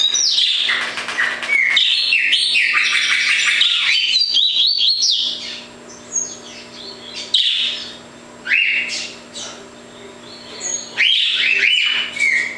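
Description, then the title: Double-collared seedeater singing an extended run of varied, rapid chirps and slurred notes, then shorter phrases with pauses. "Canto Coleiro"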